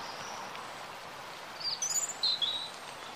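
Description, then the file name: European robin song: a short burst of high twittering notes, then a thin descending whistle, after a quiet opening of background noise. "Erithacus rubecula"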